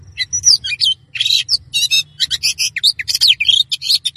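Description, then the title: Oriental magpie-robin pouring out a rapid high-pitched medley of whistles and harsh buzzy chirps, closely spaced throughout. "Kacer"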